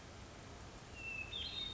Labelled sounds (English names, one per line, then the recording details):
Hermit Thrush
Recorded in Sonoma County, California